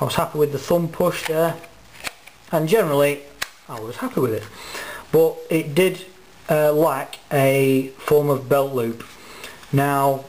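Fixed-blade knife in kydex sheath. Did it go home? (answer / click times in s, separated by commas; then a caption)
released / 2.1 s. Someone talks while a thumb push pops a fixed-blade knife out of the friction retention of a homemade kydex sheath. A short, sharp click is heard at 2.1 s as the knife releases.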